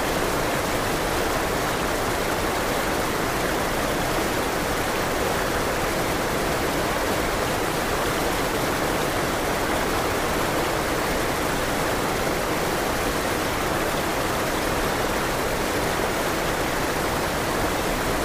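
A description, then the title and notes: A forest waterfall pours in a dense, unbroken rush that holds steady for the whole stretch. The sound is full and hissing, strongest through the middle and upper range with a softer low rumble beneath, and no separate events or background sounds break through. Calming Forest Waterfall White Noise.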